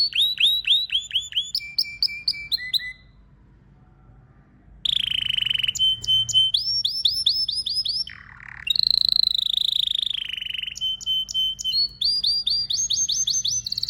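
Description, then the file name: Canary song: varied rolling trills of falling notes, a brief pause, then fast buzzy tours and sweeping phrases changing every second or two. "طائر الكناري (اشهر طيور بصوت عذب)"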